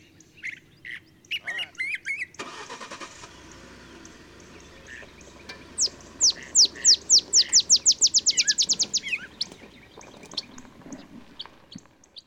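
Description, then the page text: Olive sparrow song, a run of bright downslurred notes that accelerates into a quick trill, with a steady background hiss and a few other bird notes before it. Simple song likened to a field sparrow's bouncing-ball song, though less mellow and melancholy; early morning in Texas, 50 miles north of the Mexican border. "Olive sparrow. Recording early morning just 50 miles north of the Mexican border in Texas"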